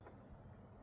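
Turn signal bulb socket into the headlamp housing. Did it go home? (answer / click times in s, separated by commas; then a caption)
no / none. A notched turn signal bulb socket for a 2018–2024 Toyota Camry is being handled into the hole in the headlamp housing, to be turned clockwise to lock. Low, steady rumbling handling noise with a brief soft bump near the start. Nothing has seated or clicked yet.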